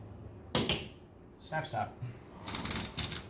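A window blind headrail is lined up and pushed into its mounting brackets, snapping in with two sharp clicks at 0.5 s and 0.7 s. Someone talks, followed by more light handling and rattling sounds. The headrail is seated in its brackets.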